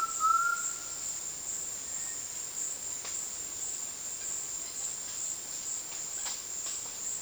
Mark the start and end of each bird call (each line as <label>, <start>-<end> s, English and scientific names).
Undulated Tinamou (Crypturellus undulatus), 0.00-0.87 s